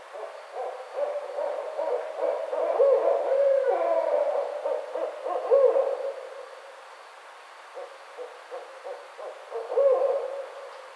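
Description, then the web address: Barred owl hooting in bursts of low, wavering hoots, a quieter spell near eight seconds, then another loud hoot toward the end. Recorded on 29 May 2009. "Barred Owl 2009 05 29 Barred Owl"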